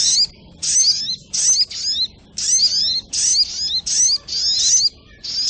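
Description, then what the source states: Little Spiderhunter song, high-pitched chattering sweeps grouped into quick phrases, repeated with short pauses and a faint background hiss. Training recording (masteran).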